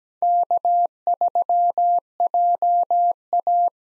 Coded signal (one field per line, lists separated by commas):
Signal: Morse code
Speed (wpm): 17 wpm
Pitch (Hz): 700 Hz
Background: none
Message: K3JA